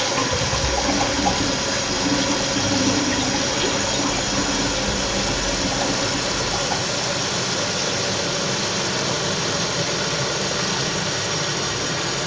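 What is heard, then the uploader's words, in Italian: A toilet flush rushes steadily for the whole twelve seconds, a dense hissing wash of water with a faint squealing whine running through it. The sound holds an even level throughout, with a low rumble underneath that is stronger in the first few seconds. Effetto Doppler 33 lo sciacquone. Oggi apprezzeremo, gaudiosi noi, la fervida attività sonora di uno sciacquone.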